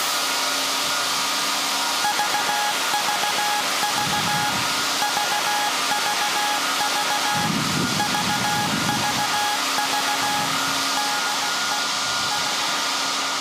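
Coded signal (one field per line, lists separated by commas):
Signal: Morse code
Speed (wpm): 16 wpm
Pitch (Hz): 830 Hz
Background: none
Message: VVV VVV VVV DE S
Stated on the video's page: Live CW transmission from SAQ Grimeton's 1924 Alexanderson alternator for UN Day.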